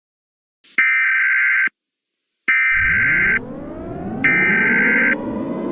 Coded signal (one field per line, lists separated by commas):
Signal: Emergency Alert System (SAME) tones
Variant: header bursts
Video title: Tornado Nightmare - A EAS Mock